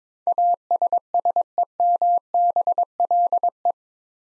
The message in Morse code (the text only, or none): ASSEMBLE